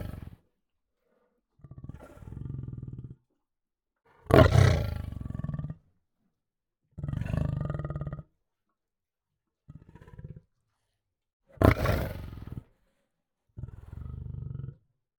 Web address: lion snarl